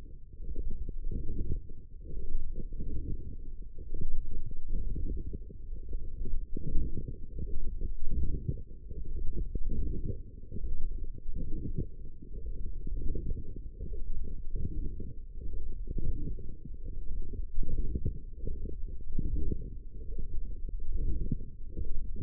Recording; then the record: forearm muscle sounds (acoustic myography)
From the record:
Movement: forearm pronation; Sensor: system 1, eight BSWA MPA416 microphones around the upper forearm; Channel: 6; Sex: male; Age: 23 years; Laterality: right